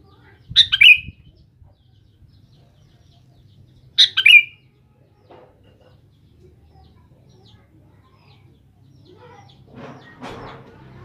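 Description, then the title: Sooty-headed bulbul sings two quick bubbly phrases a few seconds apart, followed by faint scratchy noises near the end. "Kutilang"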